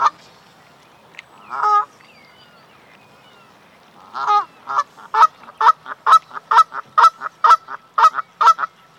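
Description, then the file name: Canada goose honks: a few scattered calls, then a rapid series of loud nasal honks. "Various Birds - Canada Goose"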